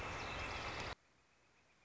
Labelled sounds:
Northern Flicker
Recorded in Sonoma County, California

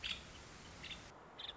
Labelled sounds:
Nuttall's Woodpecker
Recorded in Sonoma County, California

